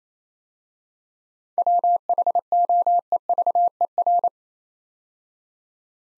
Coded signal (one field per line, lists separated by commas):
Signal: Morse code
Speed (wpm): 28 wpm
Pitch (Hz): 700 Hz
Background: none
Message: WHOEVER